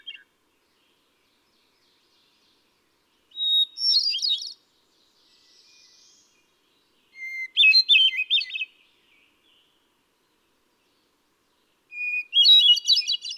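Hermit thrush delivering three separate phrases at spaced intervals, each a held introductory whistle leading into a fluttering, bell-like cascade, with the starting pitch shifting from phrase to phrase.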